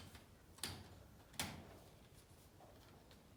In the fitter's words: There we go. Snaps right in.